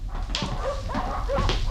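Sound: dogs barking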